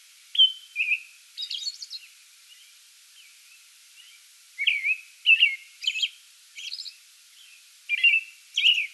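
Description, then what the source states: American robin song: caroling whistled phrases and high squeaky notes, a quieter lull in the middle, then renewed phrases in quick series. Song bout, 8 May 2022.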